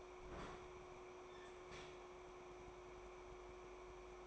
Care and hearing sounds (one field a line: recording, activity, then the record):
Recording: daily activity, microphone in the room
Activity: open fridge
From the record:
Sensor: 1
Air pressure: 1004.6 hPa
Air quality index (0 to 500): 192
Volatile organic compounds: 16 ppm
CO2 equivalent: 2540 ppm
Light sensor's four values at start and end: 5/11/4/4 and 5/11/4/4